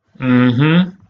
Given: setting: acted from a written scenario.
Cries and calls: vocal sound without words; pride

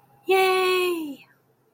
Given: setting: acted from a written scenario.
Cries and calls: vocal sound without words; triumph

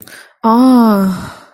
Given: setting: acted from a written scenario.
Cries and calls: vocal sound without words; embarrassment

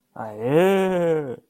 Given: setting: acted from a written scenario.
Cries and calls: vocal sound without words; ecstasy

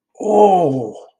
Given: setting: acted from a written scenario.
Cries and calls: vocal sound without words; elation

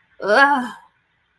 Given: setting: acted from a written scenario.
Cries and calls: vocal sound without words; guilt

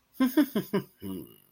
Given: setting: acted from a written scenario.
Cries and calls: vocal sound without words; pride

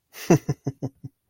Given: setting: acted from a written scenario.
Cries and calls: vocal sound without words; amusement

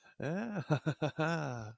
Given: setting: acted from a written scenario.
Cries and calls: vocal sound without words; pride

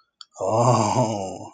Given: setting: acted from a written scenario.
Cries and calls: vocal sound without words; desire

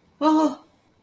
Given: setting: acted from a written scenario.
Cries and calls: vocal sound without words; distress

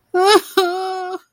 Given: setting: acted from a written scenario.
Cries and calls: vocal sound without words; distress

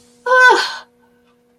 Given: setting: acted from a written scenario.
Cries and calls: vocal sound without words; distress

